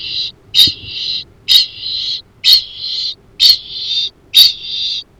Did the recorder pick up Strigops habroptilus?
yes